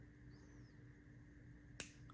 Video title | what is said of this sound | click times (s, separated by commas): DIY Adjustable Bracelet with Rubber Stopper Slider Clasp, Customizable | kind of hear a click as you pass the ring | 1.8 s